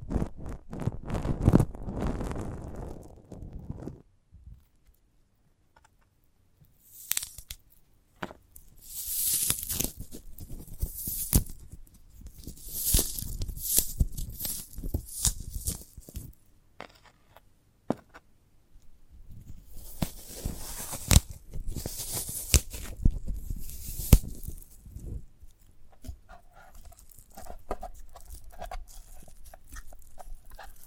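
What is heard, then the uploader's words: A sprouted coconut is handled and picked at in bursts of crisp scratching, crackling and tearing, some bright and hissy. Low thuds open the recording, quiet pauses fall near five and seventeen seconds, and soft ticking taps fill the final seconds. ASMR of a Sprouted Coconut (No Talking).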